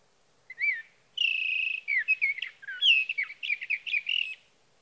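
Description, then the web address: Sage thrasher song: one short slurred note, then a steady held whistle, followed by a fast, jumbled series of warbled notes. "birdsongforthecurious Sage Thrasher"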